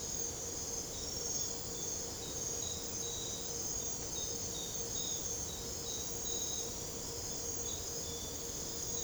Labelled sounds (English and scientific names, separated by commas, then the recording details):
none
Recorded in secondary vegetation near Puerto Asís, Putumayo, Colombia, on 22 December 2024 at 01:30
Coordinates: 0.489, -76.322
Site G059